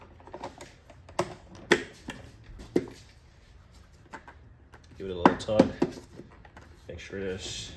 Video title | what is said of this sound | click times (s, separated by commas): Replacing Battery Positive and Ground Cables on a 08 TL Type S | these little Clips we could just yeah it fits it just pops into place | 1.2 s, 1.7 s